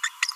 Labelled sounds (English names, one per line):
Green-rumped Parrotlet babbling